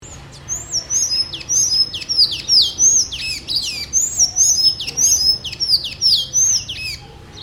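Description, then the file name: Sayaca tanager song: a loud, rapid series of squeaky, high, slurred notes, rising and falling rapidly in a jumbled, twittering phrase lasting several seconds. "SANHACO CINZENTO canto"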